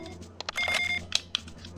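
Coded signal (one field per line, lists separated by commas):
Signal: none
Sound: game pickup beeps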